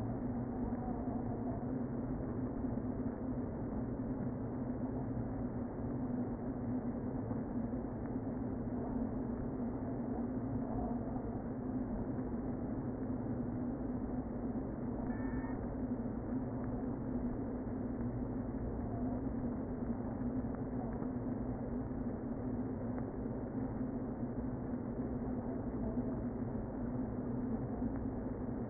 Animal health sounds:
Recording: honeybee colony, microphone inside the hive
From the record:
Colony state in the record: queen present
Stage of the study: before two queens were removed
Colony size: about 60,000 bees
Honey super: yes

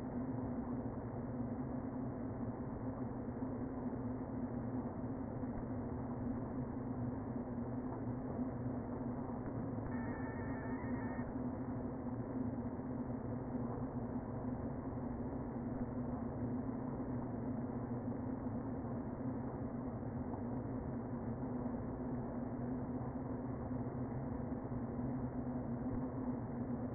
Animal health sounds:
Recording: honeybee colony, microphone inside the hive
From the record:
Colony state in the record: queen present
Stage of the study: before two queens were removed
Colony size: about 60,000 bees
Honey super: yes

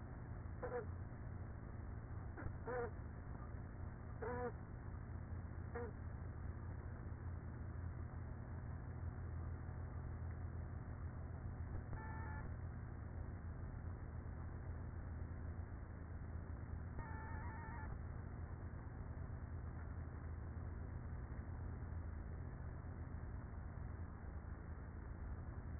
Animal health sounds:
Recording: honeybee colony, microphone inside the hive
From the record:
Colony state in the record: queenless with a low population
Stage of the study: after two queens were removed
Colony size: about 30,000 bees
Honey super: no

